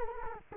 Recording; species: mosquito wingbeat signal from an infrared sensor; Culex quinquefasciatus